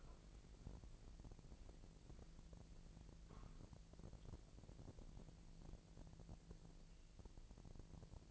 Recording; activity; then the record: daily activity, microphone in the room; walk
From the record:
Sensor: 5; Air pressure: 1002.2 hPa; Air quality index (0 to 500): 243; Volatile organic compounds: 28 ppm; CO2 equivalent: 2919 ppm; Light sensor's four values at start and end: 32/77/32/35 and 32/77/32/35